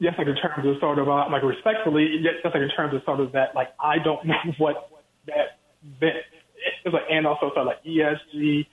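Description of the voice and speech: An adult man who has stuttered since early in life speaks in a broadcast interview. His speech has repeated phrases, frequent fillers such as "like" and "sort of," and silent stops and pauses partway through sentences.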